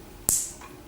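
A plastic Masterpiece grip attachment is refitted onto the plastic toy gun of an MP-17 Prowl toy robot, before the gun goes into the figure's hand. A single sharp, bright click at 0.3 s rises sharply above a quiet background and fades over about a quarter second, followed by a faint soft tick near 0.6 s. The grip snaps into place and is seated.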